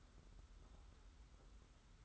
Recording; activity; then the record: daily activity, microphone in the room; take from stove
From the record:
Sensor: 3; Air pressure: 991.1 hPa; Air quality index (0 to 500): 102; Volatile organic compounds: 36 ppm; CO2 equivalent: 3076 ppm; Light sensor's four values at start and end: 45/124/51/44 and 44/124/51/44